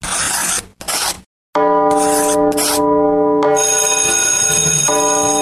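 Two short raspy bursts and a brief pause, then a loud electric bell rings steadily for about four seconds on the radio programme Canto Maestro, its bright metallic tone sustained and buzzing without a break.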